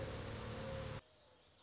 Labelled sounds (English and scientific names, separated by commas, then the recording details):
Mourning Dove (Zenaida macroura)
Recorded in Sonoma County, California